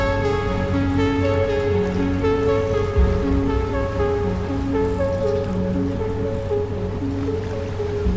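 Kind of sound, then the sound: nature, sea waves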